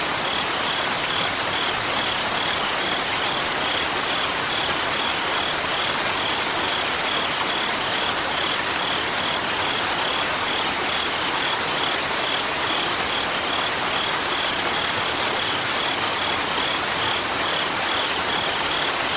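A waterfall pours in a dense, unbroken hiss that stays level for the whole stretch, bright and full with little low rumble. Over it, crickets chirp in a fast, regular pulse that keeps going steadily throughout.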